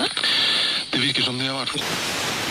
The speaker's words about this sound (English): On shortwave at 6 o'clock, you'll be able to hear, as usual, periodic snatches of some foreign radio station interspersed with long bursts of static.